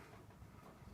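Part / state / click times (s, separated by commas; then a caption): bulb socket into tail light pigtail or housing / not seated / none. A bulb and its socket are handled and twisted toward the pigtail or housing of a Bruin tail light during a bulb replacement. Only a steady, low rumbling background noise is heard, with no sharp sounds. Nothing has seated or clicked yet.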